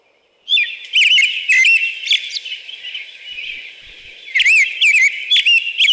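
American robin song, loud and bright: rapid whistled phrases running together, a slightly softer middle, then more sharp slurred notes.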